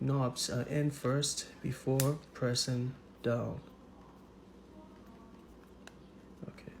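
Someone talks while the plastic back cover of a BlackBerry Passport smartphone is lined up by its tabs and pressed down over the SD and SIM compartment. After the talking stops, one side of the cover clicks sharply at 5.9 s, but the other side is not fully in, so the cover is only partly snapped on and not yet flush.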